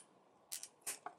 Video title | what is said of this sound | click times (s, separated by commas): Fantoys WILLIS (Masterpiece Hound): EmGo's Transformers Reviews N' Stuff | you'll hear them snap right there. They'll click into place, and that makes it so you can't accidentally bump them back up into the forearm. | 0.5 s, 1.1 s